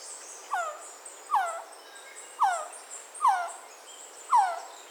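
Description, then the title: Resplendent quetzal giving five descending, whining whistles. "Resplendent Quetzal (Pharomachrus mocinno)"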